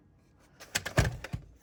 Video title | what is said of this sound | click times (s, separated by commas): Talon Fighter #hemanandthemastersoftheuniverse #motu #mastersoftheuniverse #unboxing #review | uh apparently I don't have those clipped in all the way | 0.8 s